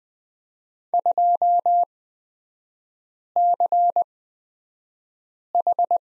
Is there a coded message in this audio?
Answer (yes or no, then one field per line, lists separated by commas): yes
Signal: Morse code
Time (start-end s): 0.9-6.0 s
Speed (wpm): 20 wpm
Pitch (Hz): 700 Hz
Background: none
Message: 2CH